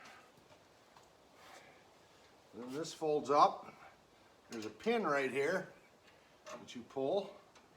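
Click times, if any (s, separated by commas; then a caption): none. Someone handles the spring locking pin on the folding wheeled stand of a Sunfire heater, folding the stand and pulling the pin. Someone talks over a quiet background, and no distinct click stands out. Nothing has seated or clicked yet.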